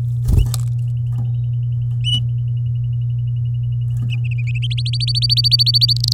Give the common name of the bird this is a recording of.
Domestic Canary